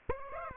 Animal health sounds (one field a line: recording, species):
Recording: mosquito wingbeat signal from an infrared sensor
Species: Aedes aegypti